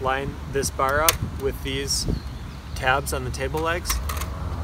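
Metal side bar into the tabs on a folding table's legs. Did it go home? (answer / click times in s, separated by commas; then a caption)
no / none. A second metal side bar is lined up with the tabs on a folding table's legs while someone talks, with faint handling noises underneath. Nothing has seated or clicked yet; the bar is not yet pushed home.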